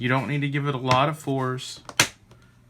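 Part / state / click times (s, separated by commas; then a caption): plastic back cover clips into tablet frame / not seated / none. Someone talks while the plastic back cover of an HD 8 6th generation Kindle Fire tablet is held and pressed back onto the frame with light force, with brief handling noises near the end. Nothing has seated or clicked yet.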